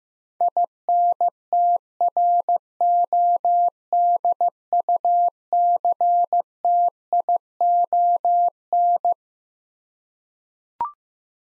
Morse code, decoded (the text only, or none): INTRODUCTION